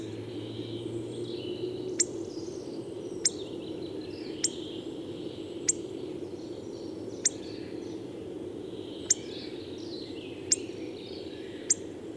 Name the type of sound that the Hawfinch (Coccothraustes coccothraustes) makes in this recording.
call